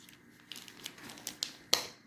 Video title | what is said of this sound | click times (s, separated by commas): 🙂 DIAMOND PAINTING 😍 PORTE-CLÉS CUPCAKES 🥰 FGNORMAL 🙂 | Vous avez entendu le clac? | 1.7 s